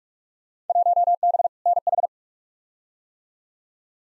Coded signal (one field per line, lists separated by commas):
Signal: Morse code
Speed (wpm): 46 wpm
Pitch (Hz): 700 Hz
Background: none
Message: 1B NH